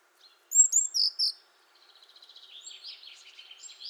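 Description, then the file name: Eurasian blue tit giving a short run of four high, clipped notes, followed by a fainter trilling twitter that continues to the end. "Cyanistes caeruleus"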